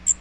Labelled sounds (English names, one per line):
Magnolia Warbler flight call